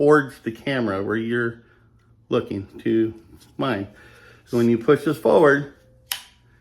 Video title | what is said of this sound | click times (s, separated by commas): S&W FPC Charging handle hitting you update 3/20/2024 | you should hear that snapping into place. | 6.1 s